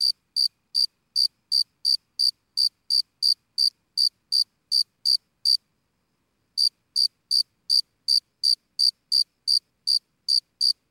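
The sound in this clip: Cricket chirping: clean, high, evenly spaced chirps about three per second, one brief pause midway, then the steady rhythm resumes; no other sounds.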